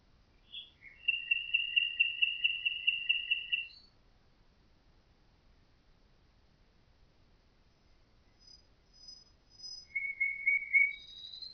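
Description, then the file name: Common nightingale song: a loud, rapid machine-gun series of identical clear notes for nearly three seconds, a pause, then a thin high whistle and a quick chattering trill. "Nachtigall"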